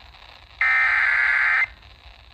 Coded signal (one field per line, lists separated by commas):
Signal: Emergency Alert System (SAME) tones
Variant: header bursts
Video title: EAS #314 - JAX FFW (WBYZ FM)